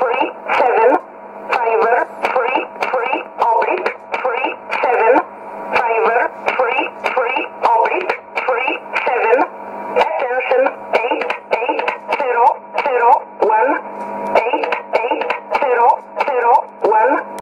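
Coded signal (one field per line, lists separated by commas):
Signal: numbers station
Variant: E11 Oblique, English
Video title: 09 11 2016 Number station E11 Oblique in English to Eu 0902 on 9446 unknown tx site USB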